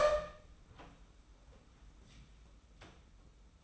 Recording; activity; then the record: daily activity, microphone in the room; open door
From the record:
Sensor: 1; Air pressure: 991.5 hPa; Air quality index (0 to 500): 134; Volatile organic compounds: 510 ppm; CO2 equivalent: 4832 ppm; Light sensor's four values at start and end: 37/118/47/48 and 37/118/47/48